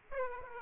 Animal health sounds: mosquito wingbeat signal from an infrared sensor; Aedes aegypti

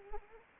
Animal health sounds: mosquito wingbeat signal from an infrared sensor; Anopheles arabiensis

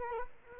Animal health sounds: mosquito wingbeat signal from an infrared sensor; Culex quinquefasciatus

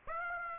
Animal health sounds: mosquito wingbeat signal from an infrared sensor; Aedes aegypti

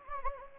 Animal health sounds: mosquito wingbeat signal from an infrared sensor; Anopheles gambiae

